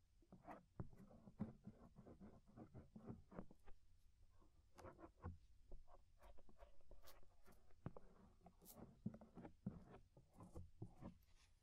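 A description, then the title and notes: Scraping inside and around the ear: a dense, uneven run of short rasping strokes and soft taps that continues for the whole twelve seconds without a break. A low muffled rumble sits under the strokes, and a few sharper, brighter clicks cut through now and then. Inner and Outer Ear Scraping (No Talking).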